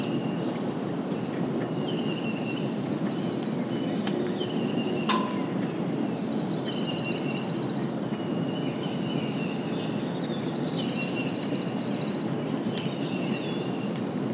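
Birds sing over a steady low rumbling wash of rain and thunder that fills the whole clip. A high buzzing trill repeats in bursts around 3, 7 and 11 seconds, with shorter chirps between, and a sharp click near 5 seconds.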